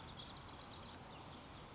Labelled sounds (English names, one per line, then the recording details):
Bewick's Wren
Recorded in Sonoma County, California